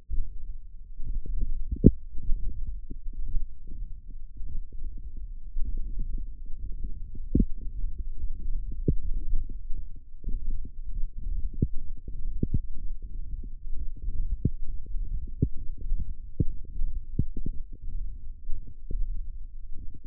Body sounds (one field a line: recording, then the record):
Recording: forearm muscle sounds (acoustic myography)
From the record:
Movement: hand closing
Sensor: system 1, eight BSWA MPA416 microphones around the upper forearm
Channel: 8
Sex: male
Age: 23 years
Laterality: right